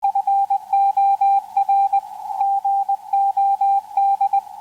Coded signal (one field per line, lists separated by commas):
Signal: Morse code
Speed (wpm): 20 wpm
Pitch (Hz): 790 Hz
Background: radio noise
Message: FOR GOD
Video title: Meshtastic, Georgia QSO Party & Club Updates | NFARL Monthly Meeting – March 2026